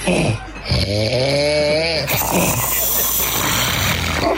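Loud, rough snores from several sleepers in Adelaide, including a two-year-old toddler and a dog, one with a rising and falling tonal drone; the snores sound like a foghorn, a freight train and a chainsaw.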